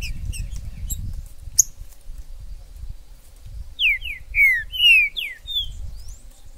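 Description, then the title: Green-winged saltator song: a rapid string of falling, slurred whistles, preceded by high chirps of other birds and low background rumble. Wild bird in the forest; the video is meant to excite a kept trinca-ferro to call, sing and display in contests. "TRINCA Piando, Cantando E Macheando Na DISPUTA. TRINCA FERRO no MATO. Trinca ferro MAJOR no MATO"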